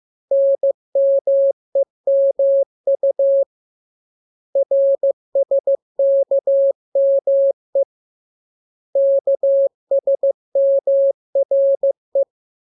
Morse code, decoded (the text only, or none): NMEMU RSKME KSMRE